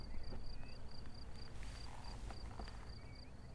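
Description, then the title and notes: Crickets chirp in an even, rapid, high-pitched pulse throughout, over a low engine drone. Crickets chirping on an unnamed road at Vogtsburg im Kaiserstuhl, Germany, overlooking a wide plain, with small aircraft engine noise. "Unnamed Road, 79235 Vogtsburg im Kaiserstuhl, Deutschland - Grillen zirpen. Zirpen der Grillen. Motorenlärm eines Kleinflugzeugs"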